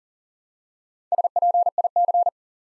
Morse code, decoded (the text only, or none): SPIC